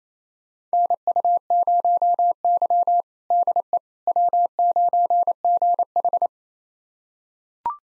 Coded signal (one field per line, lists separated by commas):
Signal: Morse code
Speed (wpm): 27 wpm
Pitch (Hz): 700 Hz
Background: none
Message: NU0Y DE W9GH